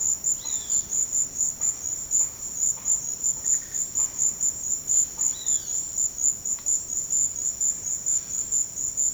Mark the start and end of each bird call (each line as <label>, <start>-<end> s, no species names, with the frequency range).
bird call (0.6-4.9 kHz), 0.35-0.91 s
bird call (0.8-4.8 kHz), 5.28-5.78 s